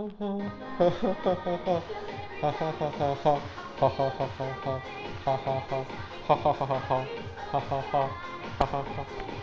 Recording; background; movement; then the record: laughter; music; sitting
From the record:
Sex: male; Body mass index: 23.7 kg/m2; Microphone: on the chest, facing outward